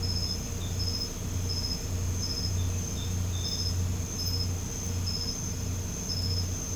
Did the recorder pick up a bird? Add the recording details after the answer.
no. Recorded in pastures near Puerto Asís, Putumayo, Colombia, on 20 December 2024 at 23:00. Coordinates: 0.505, -76.324. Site G063